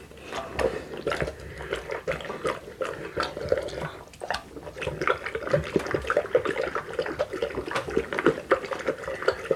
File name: Digiffects Sound Effects Library - Dog Eating Drinking And Sniffing